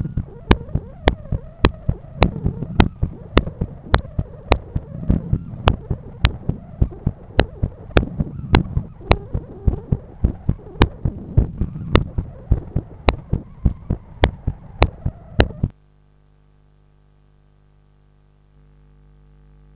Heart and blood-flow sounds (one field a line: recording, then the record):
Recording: heart sounds by stethoscope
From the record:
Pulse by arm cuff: 103 bpm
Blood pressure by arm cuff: 128/80 mmHg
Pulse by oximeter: 101 bpm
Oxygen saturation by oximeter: 96%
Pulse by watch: 103 bpm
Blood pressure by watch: 128/84 mmHg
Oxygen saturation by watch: 95%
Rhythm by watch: sinus rhythm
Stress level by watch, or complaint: high stress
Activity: after lunch and office activities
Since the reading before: plus 7000 steps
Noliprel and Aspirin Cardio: no pills today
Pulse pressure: 48 mmHg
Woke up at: 7:30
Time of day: 15:41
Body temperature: 36.5 C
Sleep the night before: 9 h 22 min, score 68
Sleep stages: REM 22%, light 66%, deep 4%, awake 8%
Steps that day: 11800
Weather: sunny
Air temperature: 20.3 C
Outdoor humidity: 70%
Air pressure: 1015 hPa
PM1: 5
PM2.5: 8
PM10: 11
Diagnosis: hypertension, treated with Noliprel and Aspirin Cardio 100 mg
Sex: male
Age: 53 years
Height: 174 cm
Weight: 81 kg